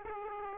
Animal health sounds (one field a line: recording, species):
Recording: mosquito wingbeat signal from an infrared sensor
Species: Aedes aegypti